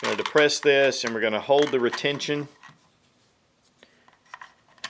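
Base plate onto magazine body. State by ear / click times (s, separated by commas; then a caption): seated / 4.8 s. Someone talks for about the first two and a half seconds, then a few faint handling ticks follow as a magazine base plate is slid over the magazine body while the retention plate is held depressed. The base plate snaps on with a sharp click at 4.8 s and is seated.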